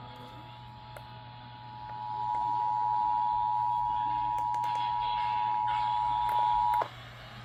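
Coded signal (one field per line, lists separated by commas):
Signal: Emergency Alert System (SAME) tones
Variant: 853 and 960 Hz attention tone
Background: speech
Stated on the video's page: Flash flood warning EAS alert relayed on FM stations and a TV station.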